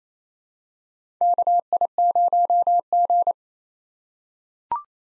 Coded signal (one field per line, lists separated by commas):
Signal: Morse code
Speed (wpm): 28 wpm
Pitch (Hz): 700 Hz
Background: none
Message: KI0G